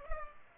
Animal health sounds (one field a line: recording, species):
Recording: mosquito wingbeat signal from an infrared sensor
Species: Culex pipiens